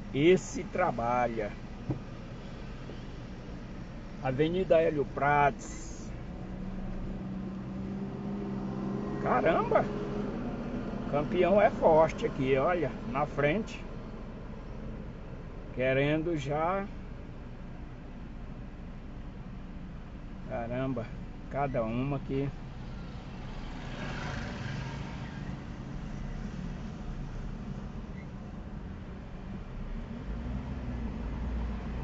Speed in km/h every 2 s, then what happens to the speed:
0, 0, 0, 0, 0, 0, 0, 0, 0, 0, 0, 0, 3, 6, 7, 13.
0-22 standing. 22-32 pulls away to 13.